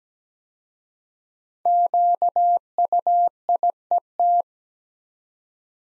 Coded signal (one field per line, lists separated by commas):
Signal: Morse code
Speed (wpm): 17 wpm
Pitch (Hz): 700 Hz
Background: none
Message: QUIET